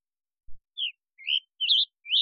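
Scarlet tanager song, a series of short hoarse burry phrases, delivered in quick succession.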